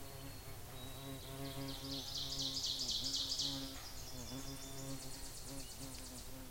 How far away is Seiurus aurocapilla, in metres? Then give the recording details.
about 45 m. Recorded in boreal forest in Alberta, Canada, on 26 May 2016 at 08:54. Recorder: SongMeter 3, array SBT-3-15. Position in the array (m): 56 m, 211 m. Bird 20